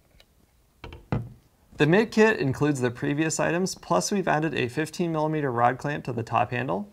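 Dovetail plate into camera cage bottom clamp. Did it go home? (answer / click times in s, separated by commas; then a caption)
yes / 1.1 s. A dovetail plate is dropped down into the quick-release clamp on the bottom of a camera cage. A sharp click at 1.2 s marks the safety catch engaging and the plate seating, before the side thumb screw is locked. Fainter clicks come before it, and someone talks from about 1.8 s to the end.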